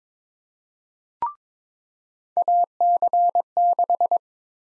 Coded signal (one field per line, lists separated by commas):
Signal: Morse code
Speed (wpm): 21 wpm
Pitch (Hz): 700 Hz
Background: none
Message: AC6